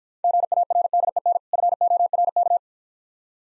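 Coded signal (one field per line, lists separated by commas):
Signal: Morse code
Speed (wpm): 49 wpm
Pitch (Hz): 700 Hz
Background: none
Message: GARDEN FORK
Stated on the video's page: Morse practice at 40 wpm using contextual hints to prime copying of difficult words.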